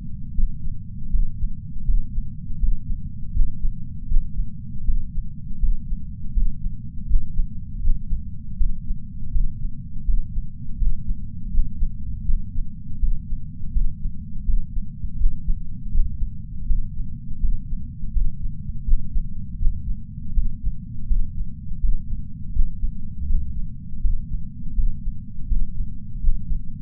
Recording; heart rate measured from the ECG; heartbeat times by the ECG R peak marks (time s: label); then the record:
heart sounds by patch sensor on the chest; 81 bpm
0.34 s: heartbeat
1.10 s: heartbeat
1.85 s: heartbeat
2.58 s: heartbeat
3.33 s: heartbeat
4.08 s: heartbeat
4.85 s: heartbeat
5.59 s: heartbeat
6.33 s: heartbeat
7.07 s: heartbeat
7.81 s: heartbeat
8.57 s: heartbeat
9.31 s: heartbeat
10.05 s: heartbeat
10.78 s: heartbeat
11.51 s: heartbeat
12.25 s: heartbeat
12.99 s: heartbeat
13.72 s: heartbeat
14.45 s: heartbeat
15.18 s: heartbeat
15.91 s: heartbeat
16.67 s: heartbeat
17.40 s: heartbeat
18.13 s: heartbeat
18.85 s: heartbeat
19.59 s: heartbeat
20.34 s: heartbeat
21.07 s: heartbeat
21.80 s: heartbeat
22.53 s: heartbeat
23.27 s: heartbeat
24.01 s: heartbeat
24.75 s: heartbeat
25.48 s: heartbeat
26.21 s: heartbeat
From the record:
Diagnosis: coronary artery disease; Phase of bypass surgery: intraoperative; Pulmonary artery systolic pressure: 21 mmHg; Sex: male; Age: 60 years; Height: 180 cm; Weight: 100 kg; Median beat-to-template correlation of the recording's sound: 0.80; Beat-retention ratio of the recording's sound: 1.00